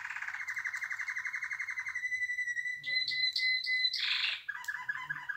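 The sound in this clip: Canary song with a steady rapid trill, then a pure whistled note and buzzy high phrases.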